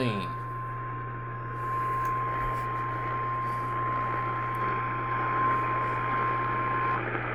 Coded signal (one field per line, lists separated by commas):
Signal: Emergency Alert System (SAME) tones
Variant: 1050 Hz attention tone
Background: speech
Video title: Eas LCH svr on KLVI 560am Eas#1567